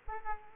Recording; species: mosquito wingbeat signal from an infrared sensor; Aedes aegypti